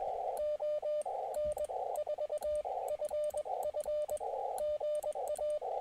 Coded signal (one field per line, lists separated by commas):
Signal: Morse code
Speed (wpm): 21 wpm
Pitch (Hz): 600 Hz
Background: radio noise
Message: ON4FF GA